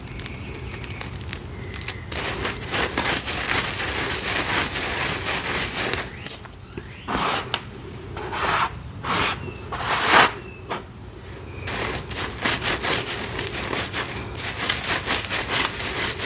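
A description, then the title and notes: Dyed gym chalk is crushed in a dense run of bright, dry crunches and scrapes, pausing briefly around six and ten seconds. Black Dyed Chalk Crush. ASMR Satisfying Soft Flaky Crunchy Dyed Gym Chalk Crushing.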